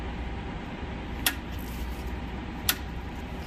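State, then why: Released. A brake adjuster in an air disc brake caliper, after being run all the way up against the new pads, is turned back two detent clicks to set the running clearance. Two sharp, brief clicks are heard at 1.3 s and 2.7 s over a steady low hum. The adjuster is released two clicks, as confirmed.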